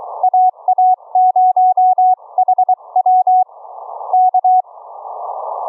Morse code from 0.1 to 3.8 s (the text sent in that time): AA0HW